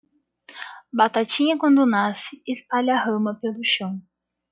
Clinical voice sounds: short text; Brazilian Portuguese; female; 20 to 29 years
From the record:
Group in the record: control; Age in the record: 24 years

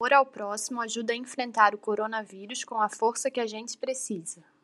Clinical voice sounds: spoken sentence; Brazilian Portuguese; female; 18 to 19 years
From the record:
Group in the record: control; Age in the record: 18 years

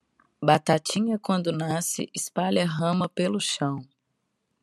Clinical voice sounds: short text; Brazilian Portuguese; female; 30 to 39 years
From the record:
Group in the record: control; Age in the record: 32 years

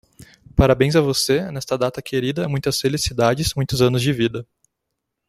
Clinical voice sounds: short text; Brazilian Portuguese; male; 20 to 29 years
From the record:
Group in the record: control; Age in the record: 25 years

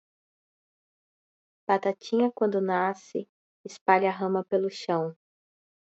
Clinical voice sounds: short text; Brazilian Portuguese; female; 30 to 39 years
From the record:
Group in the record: control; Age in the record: 30 years

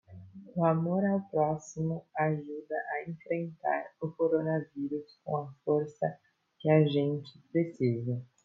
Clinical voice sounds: spoken sentence; Brazilian Portuguese; female; 20 to 29 years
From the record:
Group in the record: control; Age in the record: 23 years

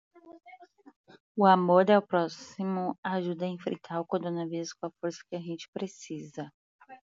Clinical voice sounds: spoken sentence; Brazilian Portuguese; female; 30 to 39 years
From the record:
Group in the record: control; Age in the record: 35 years

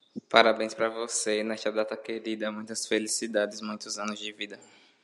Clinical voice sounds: short text; Brazilian Portuguese; male; 20 to 29 years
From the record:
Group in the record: control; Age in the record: 24 years

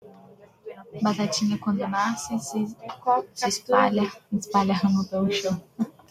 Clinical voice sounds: short text; Brazilian Portuguese; female; 20 to 29 years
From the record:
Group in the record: control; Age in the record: 24 years

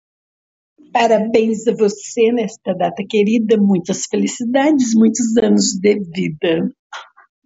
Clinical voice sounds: short text; Brazilian Portuguese; female; 30 to 39 years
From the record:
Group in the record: control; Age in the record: 34 years

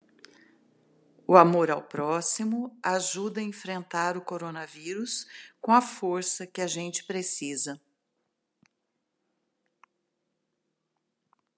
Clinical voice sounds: spoken sentence; Brazilian Portuguese; female; 60 to 69 years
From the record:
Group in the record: control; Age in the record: 60 years

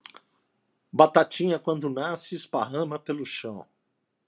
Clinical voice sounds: short text; Brazilian Portuguese; female; 50 to 59 years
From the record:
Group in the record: control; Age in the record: 57 years

